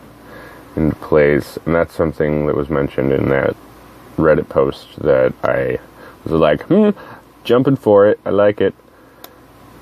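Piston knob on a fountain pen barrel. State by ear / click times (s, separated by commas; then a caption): seated / 9.2 s. Someone talks, and the piston knob on a Wing Sung 3009 fountain pen barrel is turned back until it clicks into its home position. A short, sharp plastic click is heard at 9.2 s as the knob seats, and the click is called nice.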